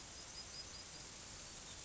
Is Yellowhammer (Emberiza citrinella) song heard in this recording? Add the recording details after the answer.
yes. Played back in grassland. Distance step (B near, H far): G. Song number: 104